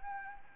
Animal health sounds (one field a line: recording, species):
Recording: mosquito wingbeat signal from an infrared sensor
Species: Anopheles gambiae